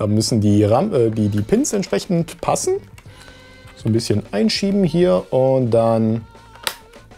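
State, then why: Seated. Someone talks while lining up the pins of a memory module, sliding it into the RAM slot of a 1990s IBM ThinkPad laptop and pressing it home. A sharp click at 6.7 s marks the module latching into place, followed by a faint softer sound.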